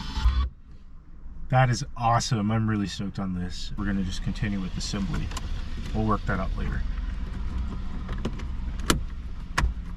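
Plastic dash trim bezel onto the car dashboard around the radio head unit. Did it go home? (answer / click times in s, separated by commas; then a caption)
yes / 8.9 s, 9.6 s. Someone talks, then the plastic dash trim bezel is pressed back over a new aftermarket GPS/navigation stereo head unit on a 2003–2014 Volkswagen dashboard during reassembly. Two sharp snaps are heard at 8.9 s and 9.6 s as the bezel seats into place around the head unit, just as it would on the factory unit.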